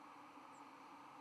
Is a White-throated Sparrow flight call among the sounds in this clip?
no